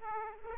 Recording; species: mosquito wingbeat signal from an infrared sensor; Aedes aegypti